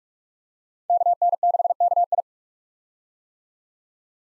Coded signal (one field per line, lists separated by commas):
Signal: Morse code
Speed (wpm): 42 wpm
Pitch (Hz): 700 Hz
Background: none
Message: KN6KI